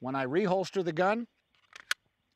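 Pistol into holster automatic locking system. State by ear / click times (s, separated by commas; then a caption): seated / 1.9 s. Someone talks, then a pistol is pushed back into a Safariland ALS duty holster, the model 6360, with a few faint scraping ticks. The holster's automatic locking system catches the gun with a sharp click at 1.9 seconds, locking it in place.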